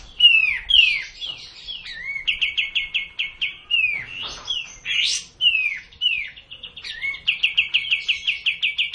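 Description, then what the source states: Hill blue flycatcher singing a varied run of slurred whistles, with fast stuttering trills of even notes and a high rising sweep midway. Song delivered in the kapas tembak song style.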